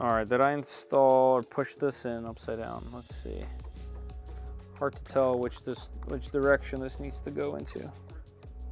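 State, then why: Not seated. A plastic cable connector is handled at its socket on a Creality K2 Plus Combo 3D printer while someone talks, checking which way round it should go. Quiet handling sounds and faint soft ticks sit under the voice and a steady low hum. Nothing has seated or clicked into the socket yet.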